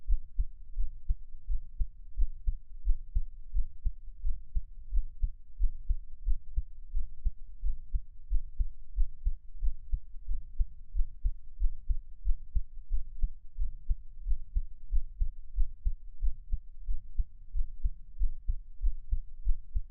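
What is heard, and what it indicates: Steady, even heartbeat of an adult: soft, low, repeating thumps with a faint hum beneath and no talking.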